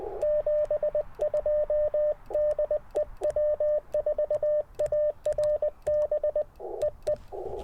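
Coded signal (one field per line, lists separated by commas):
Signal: Morse code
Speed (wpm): 20 wpm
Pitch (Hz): 590 Hz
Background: radio noise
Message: 72 DE W4ARB EE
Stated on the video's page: QRP CW Parks on the Air activation with some DX, Icom IC-705, PackTenna random wire antenna and Elecraft T1 tuner.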